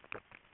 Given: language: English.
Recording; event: throat vibration sensor signal played as sound; swallow